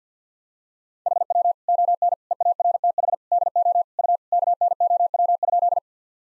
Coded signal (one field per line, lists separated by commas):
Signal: Morse code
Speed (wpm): 49 wpm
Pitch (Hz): 700 Hz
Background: none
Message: HW ON EARTH DO U KNOW?